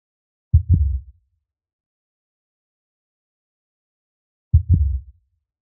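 Two deep, booming double thumps about four seconds apart, with silence between, give a very slow rate of roughly 15 beats a minute. This is a blue whale heartbeat, looped.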